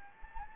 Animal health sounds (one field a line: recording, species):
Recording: mosquito wingbeat signal from an infrared sensor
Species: Anopheles gambiae